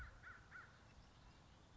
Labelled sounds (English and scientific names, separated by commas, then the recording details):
American Crow (Corvus brachyrhynchos)
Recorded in Sonoma County, California